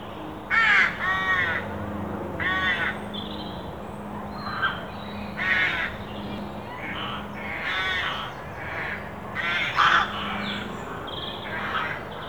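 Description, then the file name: Carrion crow uttering several grating caws early on, followed by quieter calls mixed with chirps of other birds and a low steady hum. "Corvus corone"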